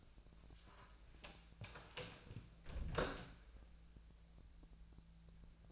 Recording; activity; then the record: daily activity, microphone in the room; close door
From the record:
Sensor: 2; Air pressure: 1000.4 hPa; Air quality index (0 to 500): 174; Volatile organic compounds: 3 ppm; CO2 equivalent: 1446 ppm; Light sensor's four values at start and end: 10/23/10/10 and 9/23/9/10